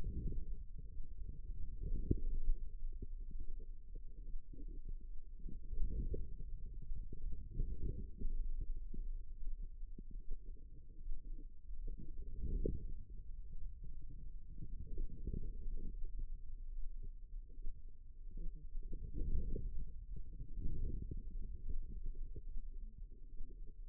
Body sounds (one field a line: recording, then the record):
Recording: forearm muscle sounds (acoustic myography)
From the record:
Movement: wrist flexion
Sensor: system 2, bracelet of six BSWA MPA416 microphones around the upper forearm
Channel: 4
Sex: female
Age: 25 years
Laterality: right